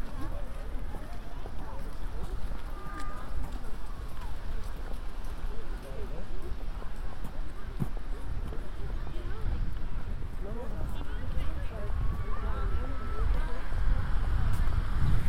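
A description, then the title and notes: Steady murmur of people talking in Central Park after a snowstorm, with occasional horse clip-clops, brief louder voices, and scattered sharp clicks. A binaural field recording of walking in Central Park after a snow storm. Once I enter the park there are horses, families playing, people talking and eventually me walking in Strawberry Fields covered in 8 inches of snow.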